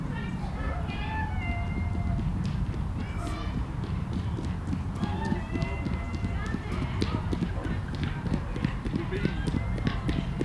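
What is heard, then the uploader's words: A busy country park full of families, with children's voices chattering and calling out across the whole stretch. A steady low rumble sits underneath, and footsteps and small knocks come and go throughout. Captured in a country park on Boxing day. Families are filling the park and children are trying their new bicycles that they received for Christmas.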